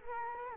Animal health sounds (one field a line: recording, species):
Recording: mosquito wingbeat signal from an infrared sensor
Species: Culex quinquefasciatus